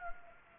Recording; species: mosquito wingbeat signal from an infrared sensor; Anopheles gambiae